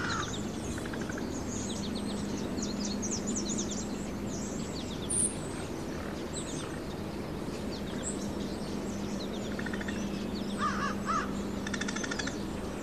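Birds chirping in a busy chorus, short high twitters and repeated quick notes scattered throughout, above continuous hissing noise and a low droning hum.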